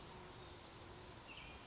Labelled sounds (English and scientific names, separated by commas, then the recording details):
Brown Creeper (Certhia americana)
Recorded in Sonoma County, California